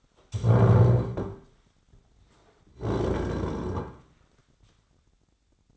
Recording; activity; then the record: daily activity, microphone in the room; stand up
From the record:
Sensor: 3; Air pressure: 1009.3 hPa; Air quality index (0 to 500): 181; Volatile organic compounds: 3 ppm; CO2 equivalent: 1466 ppm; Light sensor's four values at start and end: 54/138/61/62 and 39/93/43/48